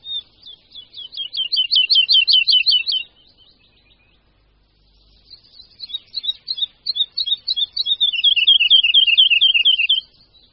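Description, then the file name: Woodlark singing two phrases of rapid, mellow, repeated whistled notes, separated by a pause of about two seconds. "Skřivan-lesní"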